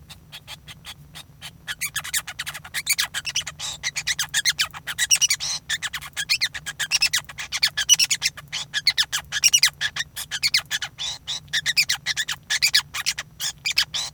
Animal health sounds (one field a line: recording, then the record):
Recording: song of a male Bengalese finch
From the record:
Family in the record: son of father 5